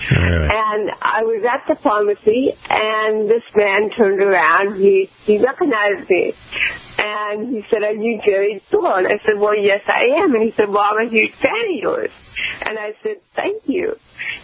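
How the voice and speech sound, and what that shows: An adult woman with cerebral palsy tells a story with nasal, creaky, drawn-out speech and blurred consonants, typical of dysarthria due to cerebral palsy.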